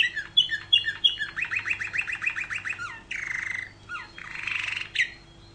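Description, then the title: Canary singing fast: quick chirps build into a steady rolling trill, broken by two loud harsh buzzy bursts and a few dropping whistles. "Kenari"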